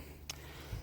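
A rubber spark plug boot (ignition coil) on a 2005 GSX-R motorcycle is pushed down onto the spark plug in the head until it seats. A single sharp click is heard at 0.3 s over a low background hum, with a faint low thud near the end. The boot is seated and clicked on.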